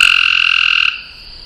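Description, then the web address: A frog's pulsed trill ending abruptly after about a second, leaving a steady high hum. Frogs in a northeast pond on a farm, recorded 30 June 2008. "ecolandtech venaurafarm frogs-in-ponds northeast-pond-6-30-2008"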